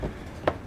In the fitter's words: you hear that click, that means it's in.